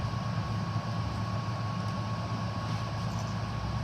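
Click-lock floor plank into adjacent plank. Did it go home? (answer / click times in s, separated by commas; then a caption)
no / none. A click-lock floor plank, a "6" length, is positioned in the pattern and worked into the joint of the neighbouring plank. Only a steady low rumble with a faint constant tone is heard, and no speech occurs. Nothing has seated or clicked yet.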